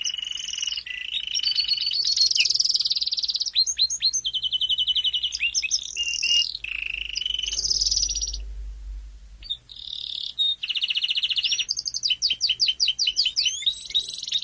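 Domestic canary song, dense, of rolling trills, quick upswept chirps and buzzy runs, with a brief break while a low rumble sounds.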